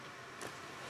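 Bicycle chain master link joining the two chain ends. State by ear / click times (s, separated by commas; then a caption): not seated / none. A steel master link joining the two ends of a bicycle chain is being handled, with a brake held and a pedal pushed down to pull the chain tight so the link's pins move toward the locked ends of their slots. A steady broadband hiss runs throughout, with a brief soft high-pitched rustle around 0.4–0.5 s. Nothing has seated or clicked yet.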